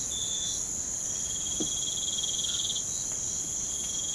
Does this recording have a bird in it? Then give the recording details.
no. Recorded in pastures near Puerto Asís, Putumayo, Colombia, on 25 June 2025 at 04:00. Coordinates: 0.472, -76.331. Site G095